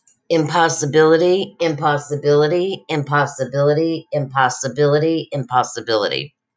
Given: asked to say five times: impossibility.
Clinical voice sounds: repeated word; female; 50 to 59 years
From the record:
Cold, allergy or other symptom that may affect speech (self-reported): no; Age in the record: 50 years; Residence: Texas, United States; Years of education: 14

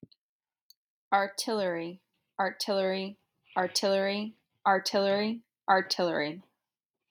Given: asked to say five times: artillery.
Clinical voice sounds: repeated word; female; 20 to 29 years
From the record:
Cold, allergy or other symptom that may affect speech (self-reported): no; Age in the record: 28 years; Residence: New York, United States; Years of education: 18

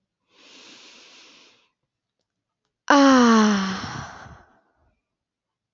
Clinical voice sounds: vowel held as long as possible; female; 20 to 29 years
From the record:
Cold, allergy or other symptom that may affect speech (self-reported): no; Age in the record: 26 years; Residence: Pakistan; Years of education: 16

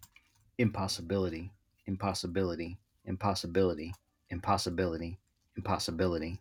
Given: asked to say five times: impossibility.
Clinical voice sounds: repeated word; male; 30 to 39 years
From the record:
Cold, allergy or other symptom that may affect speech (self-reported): no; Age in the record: 38 years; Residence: Maryland, United States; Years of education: 14

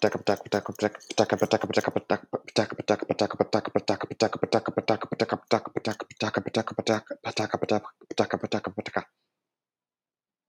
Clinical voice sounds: repeated syllables /pa ta ka/; male; 20 to 29 years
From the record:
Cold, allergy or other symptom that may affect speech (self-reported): no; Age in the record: 27 years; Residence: Illinois, United States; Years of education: 16

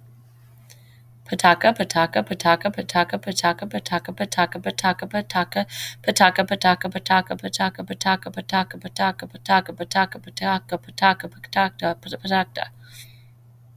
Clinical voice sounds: repeated syllables /pa ta ka/; female; 40 to 49 years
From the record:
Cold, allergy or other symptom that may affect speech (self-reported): no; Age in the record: 42 years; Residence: Ohio, United States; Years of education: 17

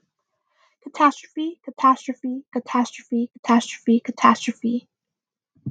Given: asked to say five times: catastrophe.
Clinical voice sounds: repeated word; female; 20 to 29 years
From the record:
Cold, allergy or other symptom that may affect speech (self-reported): no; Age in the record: 25 years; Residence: New York, United States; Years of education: 16

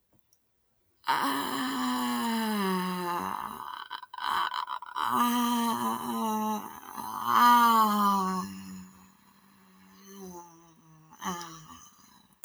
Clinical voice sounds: vowel held as long as possible; female; 20 to 29 years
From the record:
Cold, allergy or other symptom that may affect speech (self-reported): no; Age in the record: 29 years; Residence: Virginia, United States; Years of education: 16

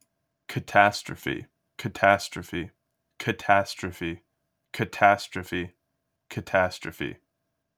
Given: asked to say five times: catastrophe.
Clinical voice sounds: repeated word; male; 20 to 29 years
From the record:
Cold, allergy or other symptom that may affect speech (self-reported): no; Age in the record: 22 years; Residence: New Jersey, United States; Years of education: 16

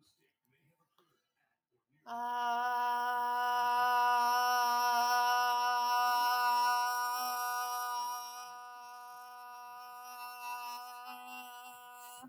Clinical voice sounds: vowel held as long as possible; female; 40 to 49 years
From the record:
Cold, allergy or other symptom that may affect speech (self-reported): no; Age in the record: 45 years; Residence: New Mexico, United States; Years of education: 13

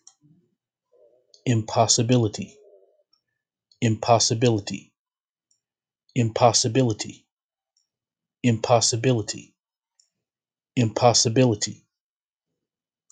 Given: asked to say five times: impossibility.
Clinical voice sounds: repeated word; male; 40 to 49 years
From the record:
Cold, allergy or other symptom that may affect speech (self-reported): no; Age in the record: 41 years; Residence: Texas, United States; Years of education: 16

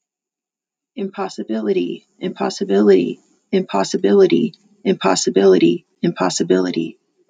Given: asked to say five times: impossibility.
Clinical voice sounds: repeated word; female; 30 to 39 years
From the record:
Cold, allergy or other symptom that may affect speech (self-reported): no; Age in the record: 39 years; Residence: Utah, United States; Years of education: 12

